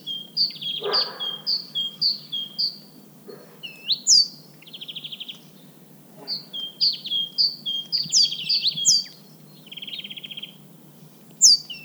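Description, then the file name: Great tit calls: several dry buzzy rattles spread throughout, alongside runs of repeated whistled notes and sharp rising flicks. "Parus major"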